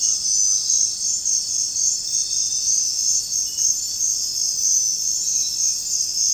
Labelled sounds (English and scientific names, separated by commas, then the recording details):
none
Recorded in secondary vegetation near Puerto Asís, Putumayo, Colombia, on 4 March 2025 at 04:30
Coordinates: 0.484, -76.319
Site G010